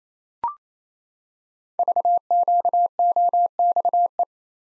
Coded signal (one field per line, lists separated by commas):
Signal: Morse code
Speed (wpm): 27 wpm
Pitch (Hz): 700 Hz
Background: none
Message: VQOXE